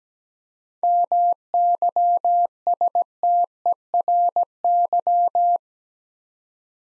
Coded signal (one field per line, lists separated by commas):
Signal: Morse code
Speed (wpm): 17 wpm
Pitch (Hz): 700 Hz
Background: none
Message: MYSTERY